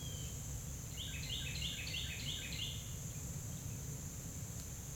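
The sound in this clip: Carolina wren giving one burst of about six fast, repeated rolling phrases, then quiet, against a steady thin whine and low rumbling noise.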